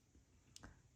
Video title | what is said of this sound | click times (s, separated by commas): Necklace Using Dagger Beads from the Earthen Serenity Treasure Bead Box from @Potomacbeadco | Oh, do you hear that lock into place? | 0.6 s